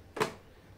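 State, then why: Seated. After the internal connections are reconnected, the plastic back cover is pressed onto the body of a Wzatco Yuva Plus projector. A single short, sharp snap is heard at 0.2 s and fades within about a tenth of a second, with quiet before and after. The cover locks in place.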